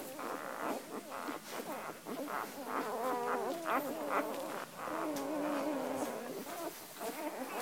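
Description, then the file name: Dog puppies whimpering and squeaking, several overlapping thin wavering cries with rising and falling pitch, continuous throughout. Puppies in their first week of life. "Welpen Woche 1"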